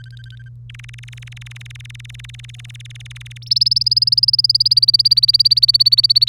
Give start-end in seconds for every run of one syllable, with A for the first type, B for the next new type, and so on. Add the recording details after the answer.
0.00-0.49 A, 0.69-3.38 B, 3.42-6.29 C. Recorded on 1 May 2018 at 07:01. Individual llb3